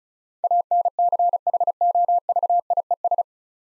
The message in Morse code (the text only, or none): ANCHOVIES